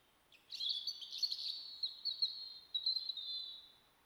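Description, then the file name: European robin song: a three-second phrase of thin, high, tumbling warbles and trills, wavering and sliding, ending in a drawn-out sweet trill, over quiet background hiss. "Erithacus rubecula"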